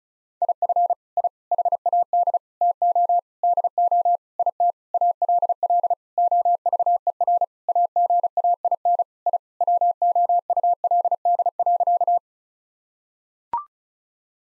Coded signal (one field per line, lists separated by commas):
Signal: Morse code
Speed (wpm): 36 wpm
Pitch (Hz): 700 Hz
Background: none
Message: IF I HAD TO DO IT ALL OVER AGAIN I WOULD.